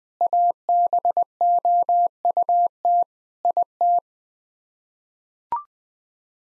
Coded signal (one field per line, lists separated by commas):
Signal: Morse code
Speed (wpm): 20 wpm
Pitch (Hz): 700 Hz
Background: none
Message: ABOUT IT